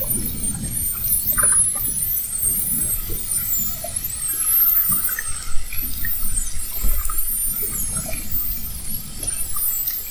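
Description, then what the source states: Spinner dolphin whistles, a busy chorus of high looping and rising tones over a steady low underwater rumble. Whistles, recorded at Fernando de Noronha.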